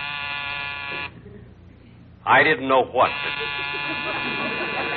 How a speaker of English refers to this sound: There's the door buzzing.